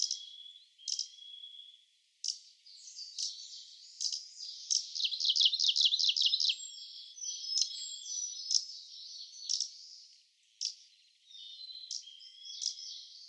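Kamchatka leaf warbler song: a loud, rapid run of repeated high notes in the middle, among scattered chirps and long thin whistles.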